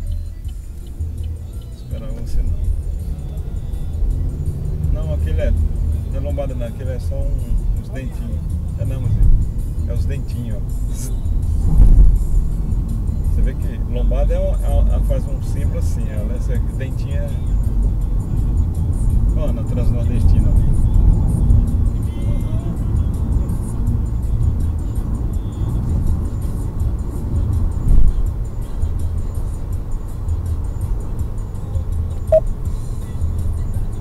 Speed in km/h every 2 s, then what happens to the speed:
25, 36, 46, 53, 58, 62, 67, 72, 77, 81, 84, 87, 90, 91, 92, 94, 96.
0-34 speeds up to 96.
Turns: none.